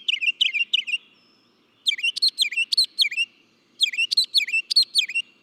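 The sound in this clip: Northern mockingbird song made of quick repeated chirps in tight series, three phrases of rapid sharp notes separated by short pauses.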